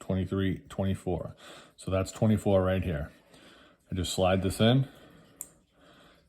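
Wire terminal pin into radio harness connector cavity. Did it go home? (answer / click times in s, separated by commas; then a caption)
yes / 5.4 s. Someone talks while a crimped metal terminal on a wire is slid into cavity 24 of the plastic C1 radio harness connector for a 4th Gen or 2019-2021 5th Gen Ram radio. A single sharp click at 5.4 s marks the terminal locking into place, and it is seated.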